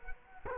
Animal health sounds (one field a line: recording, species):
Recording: mosquito wingbeat signal from an infrared sensor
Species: Culex quinquefasciatus